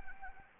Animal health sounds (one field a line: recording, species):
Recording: mosquito wingbeat signal from an infrared sensor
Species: Anopheles arabiensis